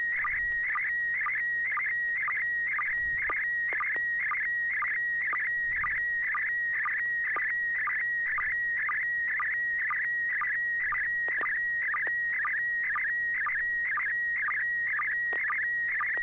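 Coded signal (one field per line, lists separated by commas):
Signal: SSTV (slow-scan television)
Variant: PD120 mode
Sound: steady high whistle broken by quick warbling chirps about twice a second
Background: faint low hum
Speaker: this is PD [Music] 120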